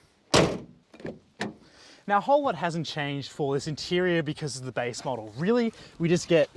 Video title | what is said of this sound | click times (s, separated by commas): 2022 Isuzu D-MAX LS-M Review - This is the MOST UTE you'll ever NEED!! | it back until it locks into place and that's maybe your workout for the day | 0.3 s